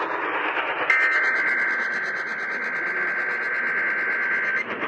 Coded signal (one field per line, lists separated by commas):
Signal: Emergency Alert System (SAME) tones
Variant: header bursts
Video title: EAS #178 Required Monthly Test from Richmond,Virginia